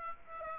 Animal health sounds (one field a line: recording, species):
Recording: mosquito wingbeat signal from an infrared sensor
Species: Aedes aegypti